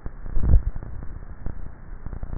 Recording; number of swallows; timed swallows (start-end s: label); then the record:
swallowing sounds by neck microphone; 1
0.54-1.61 s: swallow
From the record:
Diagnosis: dysphagia